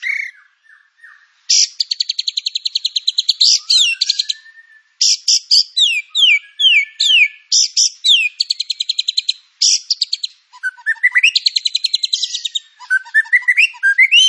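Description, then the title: White-rumped shama song in bursts of rapid high buzzy trills separated by short pauses, mixed with sweeping whistled phrases and scratchy notes. Lure (pancingan) song of white-rumped shama with full filler (isian) material; training material. "PANCINGAN MURAI BATU. MURAI BATU FULL MATERI ISIAN"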